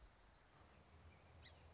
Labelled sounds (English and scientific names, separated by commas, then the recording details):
Song Sparrow (Melospiza melodia)
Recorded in Sonoma County, California